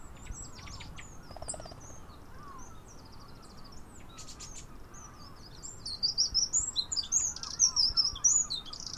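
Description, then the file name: Eurasian wren with scattered thin notes, then a loud, fast, high trill of sharp repeated notes in the last few seconds; faint lower chirps in the background. "Troglodytes troglodytes"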